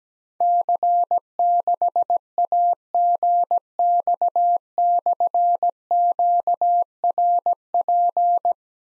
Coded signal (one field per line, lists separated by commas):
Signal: Morse code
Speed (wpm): 17 wpm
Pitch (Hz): 700 Hz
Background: none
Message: C6AGX/QRP